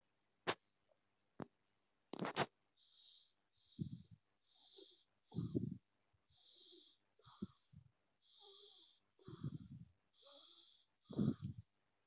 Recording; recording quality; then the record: shallow breathing; excellent, no background noise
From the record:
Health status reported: exposed to COVID-19, no respiratory illness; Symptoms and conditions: cough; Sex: male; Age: 38 years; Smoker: yes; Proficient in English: yes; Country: India